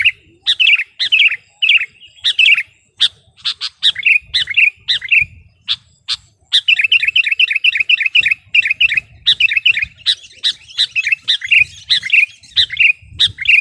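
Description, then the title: Sooty-headed bulbul song: a long stream of bubbly, chattering phrases and sharp notes, with one brief pause. "kutilang"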